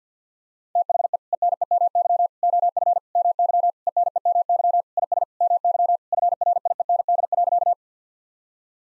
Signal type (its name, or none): Morse code